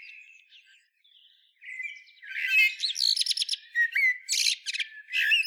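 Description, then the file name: Eurasian blackbird song, soft low warbling at first, then loud squeaky, chattering twitters in quick bursts through the second half. "Turdus merula"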